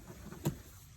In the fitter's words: you're gonna push all the way back. You'll hear it lock. It's a good, nice lock, solid lock.